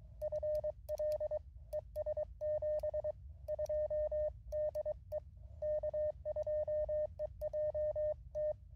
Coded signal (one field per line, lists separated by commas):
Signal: Morse code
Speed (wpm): 22 wpm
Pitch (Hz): 610 Hz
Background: radio noise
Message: FL ES 72 DE K2EJT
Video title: QRP CW POTA at K-5221 with the MTR-4B and lousy band conditions